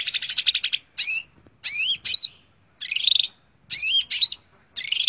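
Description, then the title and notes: Greater green leafbird: a pulsing trill opens, followed by curling whistles and scratchy rasps delivered in quick, varied phrases. Song recording meant as tutor audio (masteran) for training cucak ijo cage birds. "Suara Burung Cucak Ijo. mantap buat masteran burung cak ijo"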